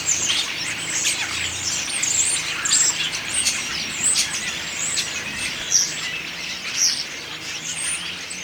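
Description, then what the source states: Common starling song, a continuous jumble of chattering notes, clicks, squeaks and thin whistles without pause throughout. Autumn song.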